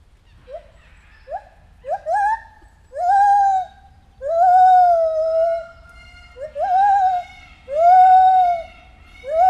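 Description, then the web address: White-handed gibbon calling, short rising hoots building into long arched wails that grow louder. At Debrecen Zoo in 2019, during our first encounter. "allathangok debrecenizoo 2019 feherkezu gibbon elsotalalkozasunk"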